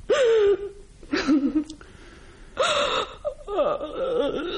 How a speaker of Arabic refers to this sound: إنني أراك تبكين، بيد أنني لا أستطيع البكاء، لا أستطيع البكاء